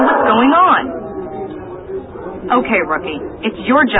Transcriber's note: animal sounds